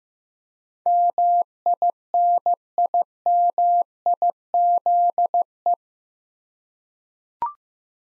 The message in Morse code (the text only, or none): MINIMIZE